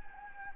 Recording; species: mosquito wingbeat signal from an infrared sensor; Anopheles gambiae